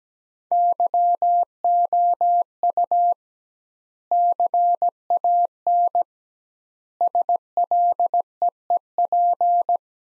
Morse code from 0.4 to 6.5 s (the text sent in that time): YOU CAN